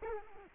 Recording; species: mosquito wingbeat signal from an infrared sensor; Culex quinquefasciatus